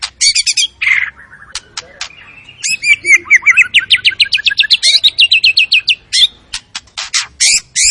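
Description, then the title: White-rumped shama song: high chattering bursts, a slurred dip, then a quick rhythmic series of rising whistled notes mixed with sharp clicks and trills. Lure sound of a very active shama delivering its full repertoire, meant to stir up other shamas. "MURAI BATU. MURAI GACOR SUPER EDAN SEMUA MATERI DI KELUARIN. SHAMA BIRD"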